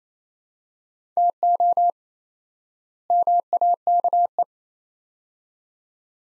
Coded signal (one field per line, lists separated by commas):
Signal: Morse code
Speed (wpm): 27 wpm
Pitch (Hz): 700 Hz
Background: none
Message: TO MAKE